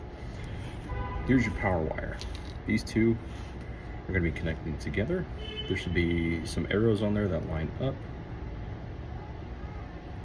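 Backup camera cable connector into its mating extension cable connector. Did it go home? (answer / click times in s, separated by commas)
no / none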